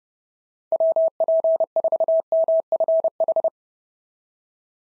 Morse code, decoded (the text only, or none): WP4MFH